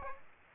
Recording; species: mosquito wingbeat signal from an infrared sensor; Aedes aegypti